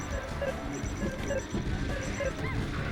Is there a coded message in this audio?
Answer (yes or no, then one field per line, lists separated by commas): no